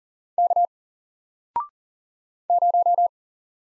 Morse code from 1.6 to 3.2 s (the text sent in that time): 0